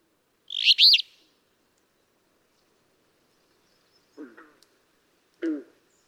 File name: Alder Flycatcher